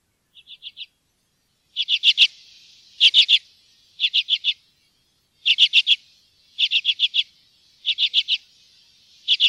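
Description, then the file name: Common redpoll repeating rapid chattering bursts of three to five hard chet notes, starting soft and then louder, about one burst per second, with nothing else audible. "graasisik"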